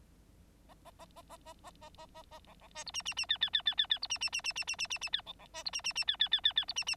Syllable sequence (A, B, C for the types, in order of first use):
A A A A A A A A A A A B B C D E E E F F F F F F D E E E E E E E E E F B B C D E E E F F F F F D E E